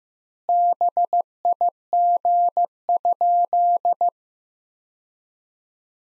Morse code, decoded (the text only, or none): BIG?